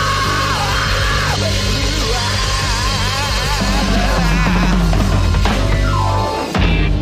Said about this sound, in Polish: Tak wrzeszczy Gdańsk, wrzeszczy. No tak wrzeszczy